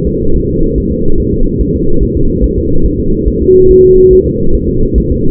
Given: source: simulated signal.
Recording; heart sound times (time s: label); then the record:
fetal heart sounds
0.07 s: S2
0.36 s: S1
0.50 s: S2
0.78 s: S1
0.92 s: S2
1.20 s: S1
1.34 s: S2
1.61 s: S1
1.75 s: S2
2.03 s: S1
2.17 s: S2
2.44 s: S1
2.58 s: S2
2.86 s: S1
3.00 s: S2
3.28 s: S1
3.42 s: S2
3.71 s: S1
3.85 s: S2
4.13 s: S1
4.27 s: S2
4.55 s: S1
4.69 s: S2
4.98 s: S1
5.12 s: S2
From the record:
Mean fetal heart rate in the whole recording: 140 bpm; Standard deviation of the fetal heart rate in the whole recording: 2 bpm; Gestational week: 34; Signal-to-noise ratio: -19.1 dB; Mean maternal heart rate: 72 bpm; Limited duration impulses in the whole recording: present